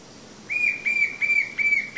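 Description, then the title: White-shouldered fire-eye calling: a series of five clear, level whistled notes, evenly spaced, after a short quiet start. "LuckyPassaro Completos2Sama. White-shouldered Fire-eye (Pyriglena leucoptera)"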